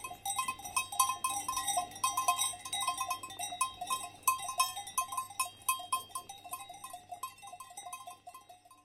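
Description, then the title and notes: Cow bells clanking steadily in quick, uneven strokes as cattle feed, with metallic ringing tones. Cows feeding with clanking cow bells on a walk at Valle Pramper in the Dolomites. "The curious cows of Valle Pramper. On a walk in the Dolomites at Valle Pramper, we record cows feeding, with the clank of their cow bells. Recorded by Cities and Memory"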